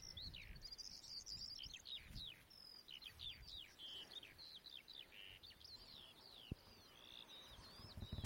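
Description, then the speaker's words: Eurasian skylark song, a continuous stream of high, rapid chirrups and slurred whistled trills over a low rumble of wind. Evening song from about 50 feet overhead; chalk downland nature reserve on the Hampshire-Wiltshire-Dorset border, England; mid-June; dark, cloudy evening after rain, with a westerly wind. "This is an evening serenade by a skylark 50 feet above my head."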